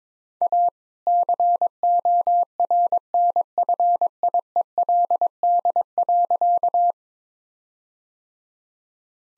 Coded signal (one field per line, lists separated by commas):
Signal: Morse code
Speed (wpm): 22 wpm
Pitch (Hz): 700 Hz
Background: none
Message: A CORNFIELD.